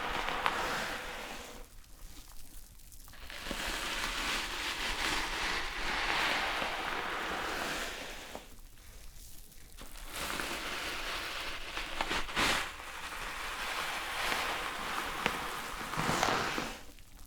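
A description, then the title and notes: Shampoo is worked through hair with a dense, wet, hissing scrub that swells and eases in long strokes. The rubbing drops to quieter lulls around two, nine and seventeen seconds, and a sharper crackle stands out near twelve seconds. ASMR Relaxing Shampoo and Hair brushing ｜NO TALKING.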